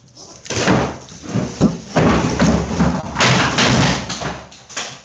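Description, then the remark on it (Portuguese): A chair topples over with a heavy thud, followed by several more loud bumps and clattering knocks that continue for a few seconds before settling. “Caiu a cadeira.”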